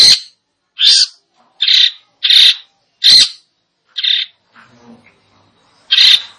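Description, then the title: Long-tailed shrike song of loud harsh rasping notes, about one a second, then a pause before a last note. "Cendet Gacor"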